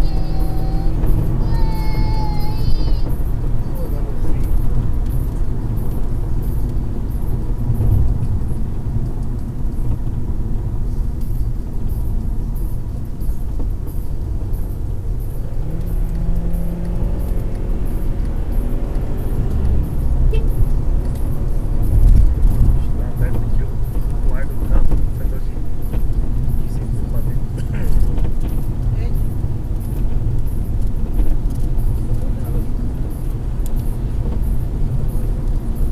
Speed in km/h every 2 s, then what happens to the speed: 117, 114, 107, 96, 88, 79, 75, 78, 87, 95, 101, 102, 100, 99, 99, 102, 103, 106.
0-11 brakes to 75. 11-20 speeds up to 101. 20-28 steady at about 100. 28-36 speeds up to 106.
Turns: none.